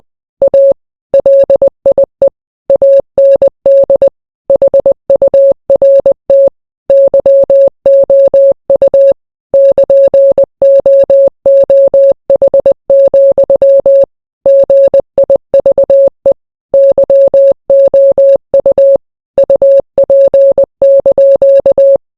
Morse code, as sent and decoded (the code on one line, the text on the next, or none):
.- / .-.. .. . / .- -. -.. / .... ..- .-. - / -.-- --- ..- / -.--. --- --- .... --..-- / --. .. ...- . / -.-- --- ..- / ..- .--. -.--.-
A LIE AND HURT YOU <KN>OOH, GIVE YOU UP)